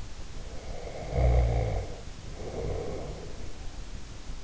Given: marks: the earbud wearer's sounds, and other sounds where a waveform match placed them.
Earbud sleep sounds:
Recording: sounds in sleep by an in-ear microphone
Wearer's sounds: snoring breath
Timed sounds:
0.28-3.46 s: snoring breath

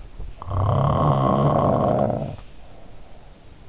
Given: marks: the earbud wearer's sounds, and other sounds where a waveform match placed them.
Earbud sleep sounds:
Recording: sounds in sleep by an in-ear microphone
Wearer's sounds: snoring breath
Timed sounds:
0.30-3.68 s: snoring breath

